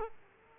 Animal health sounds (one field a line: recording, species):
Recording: mosquito wingbeat signal from an infrared sensor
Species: Aedes aegypti